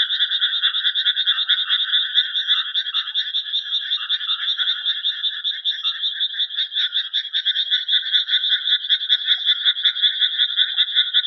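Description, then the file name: Frogs calling in a dense chorus, rapid pulsed trills overlapping continuously in two bright bands, a steady throbbing rhythm with no gaps throughout. "カエルの鳴き声"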